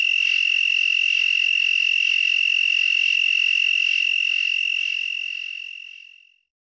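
Broad-winged tree cricket song, a steady, high, unbroken trill holding one pitch for about six seconds before fading away; no other sounds.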